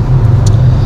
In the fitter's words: sliding the outer shell downwards until it clicks and then engaging the red safety clip